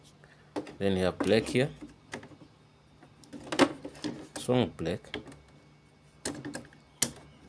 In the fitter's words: they clicked okay that's fine